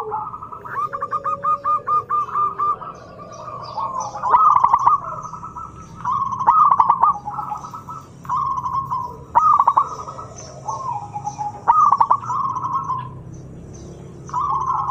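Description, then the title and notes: Zebra dove song, series of rapid pulsed coo phrases with emphatic rolling notes, and quieter lower coos. Zebra dove actively singing. "Pancingan Perkutut Durasi Panjang. Suara Burung Perkutut Gacor"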